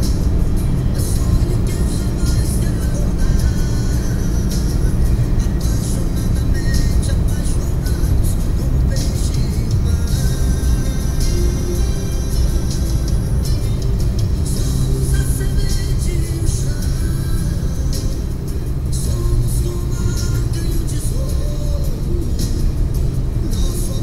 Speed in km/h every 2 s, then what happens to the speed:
145, 144, 143, 141, 134, 129, 125, 119, 114, 115, 118, 122.
0-5 steady at about 144. 5-16 slows to 114. 16-24 speeds up to 122.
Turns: none.